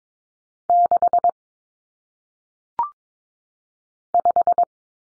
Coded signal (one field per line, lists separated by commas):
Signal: Morse code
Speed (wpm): 22 wpm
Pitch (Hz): 700 Hz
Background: none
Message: 6 5